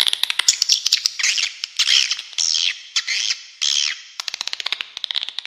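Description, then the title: Swiftlet calls: rapid trains of dry clicks alternating with longer twittered chirping phrases. Clean, clear calls. "Suara Walet Original Bersih Plus Jernih"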